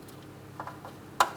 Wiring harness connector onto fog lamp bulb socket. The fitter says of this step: Line it up, press it in, listen for an audible click, and give it a tug.